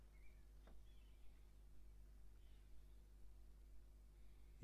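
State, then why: Not seated. The right-hand tail light assembly of a BMW E91 325i Touring is positioned and lined up against its mounting in the car body, ready to be clipped in. Only soft, faint handling sounds and a few brief high chirps are heard over a steady low hum. The assembly has not clicked or seated yet.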